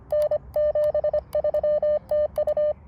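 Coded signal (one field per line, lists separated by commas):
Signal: Morse code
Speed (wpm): 25 wpm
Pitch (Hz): 1800 Hz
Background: radio noise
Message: N 73 TU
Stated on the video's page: Outdoor portable operation using an Elecraft KX2 with a mini Buddistick coil, short telescoping whip and pocket tripod.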